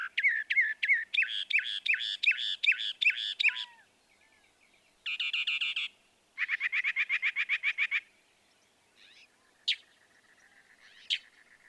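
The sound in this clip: Northern mockingbird song of rapid repeated chirps, dense buzzy trills and a fast chatter, followed by a few isolated sharp notes.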